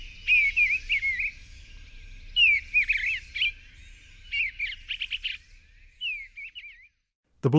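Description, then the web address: Eastern bluebird singing short gurgling whistled phrases with quick chirps, several bursts spaced a second or two apart, ending in a sharp click. "Songs of Birds of North America Know Your Bird Sounds. Eastern Bluebird"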